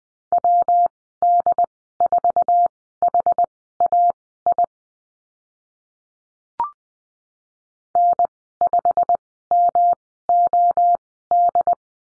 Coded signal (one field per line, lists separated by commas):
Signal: Morse code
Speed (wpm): 20 wpm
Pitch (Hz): 700 Hz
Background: none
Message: WD4HAI N5MOD